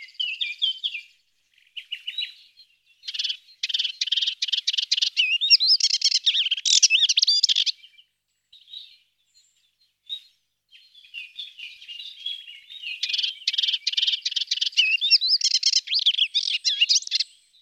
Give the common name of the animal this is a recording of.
Melodious Warbler